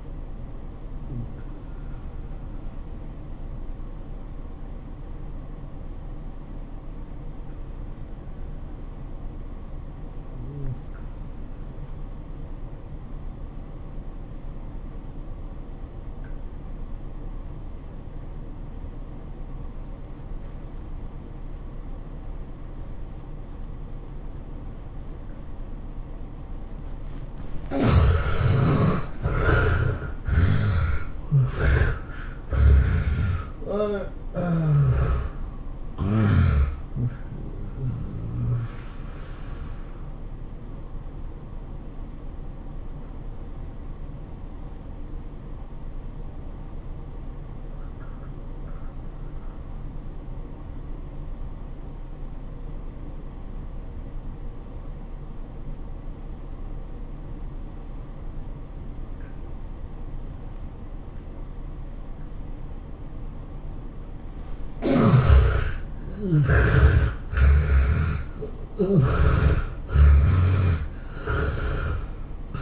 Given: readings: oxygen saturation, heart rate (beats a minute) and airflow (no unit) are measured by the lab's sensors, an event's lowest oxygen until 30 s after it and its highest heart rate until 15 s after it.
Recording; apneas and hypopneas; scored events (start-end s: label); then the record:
breathing in sleep by a smartphone at the bedside; 2
5.00-28.90 s: obstructive apnea (N1, oxygen 94% highest, then 68% lowest, heart rate 93 at the start, 110 highest)
13.00-72.61 s: new sleep stage, N2 (light sleep)
51.00-67.30 s: obstructive apnea (N2, oxygen 92% highest, then 70% lowest, heart rate 93 at the start, 107 highest)
From the record:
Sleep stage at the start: N1 (lightest sleep); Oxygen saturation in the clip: 68 to 94%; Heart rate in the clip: 77 to 110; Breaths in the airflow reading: 6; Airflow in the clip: -17.1 to 15.8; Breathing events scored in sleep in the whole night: 403 in 5.5 hours asleep